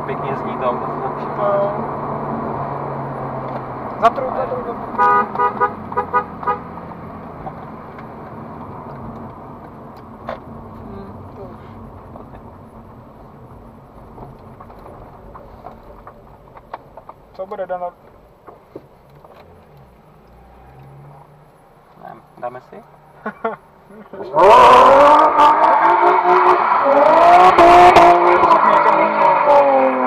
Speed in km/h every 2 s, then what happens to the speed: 62, 65, 52, 36, 28, 23, 17, 13, 8, 4, 0, 0, 0, 0, 0.
2-19 brakes to 0. 19-30 standing.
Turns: none.